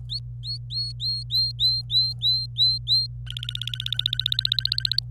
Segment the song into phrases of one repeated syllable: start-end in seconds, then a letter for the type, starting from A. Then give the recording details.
0.09-3.06 A, 3.26-4.99 B. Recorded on 26 April 2018 at 09:38. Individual llb3